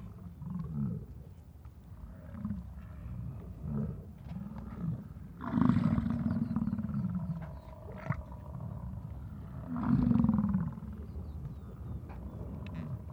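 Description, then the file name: American bison rut bellows, a series of deep growling roars, two loud drawn-out bellows standing out about four seconds apart. In Yellowstone during the rut. "YELL-Bison Rut-Jennifer Jerrett"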